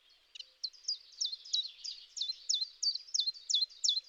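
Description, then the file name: Common chiffchaff singing a steady string of high, downslurred notes about three per second, with softer overlapping high notes behind. "tjiftjaf"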